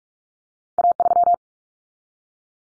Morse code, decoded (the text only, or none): A3